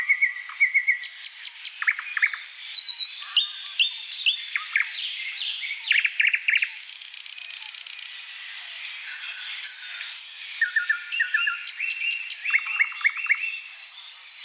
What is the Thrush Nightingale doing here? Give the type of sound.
song